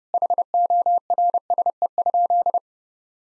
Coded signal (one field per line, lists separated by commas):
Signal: Morse code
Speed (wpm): 30 wpm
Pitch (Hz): 700 Hz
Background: none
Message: HORSE?